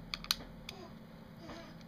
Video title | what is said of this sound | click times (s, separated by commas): Android Smart TV - Mini TV Setup Guide | and all sorts of things on there and that just simply clicks back in again and | 0.1 s, 0.3 s